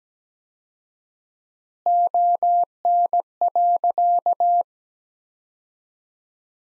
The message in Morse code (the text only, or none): ON.